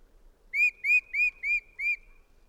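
Bird giving five clear whistled notes, each short and rising slightly then dipping, evenly spaced about three per second over a quiet background.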